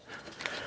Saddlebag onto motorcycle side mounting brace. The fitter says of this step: snaps in place and you've got a lock in the back that you can lock it on